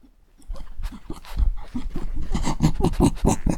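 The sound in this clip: Dog sniffing in quick, irregular bursts of short breathy snuffles, growing louder after the first half-second.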